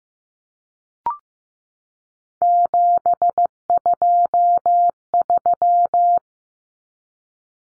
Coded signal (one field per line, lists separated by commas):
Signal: Morse code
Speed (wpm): 15 wpm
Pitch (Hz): 700 Hz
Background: none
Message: 723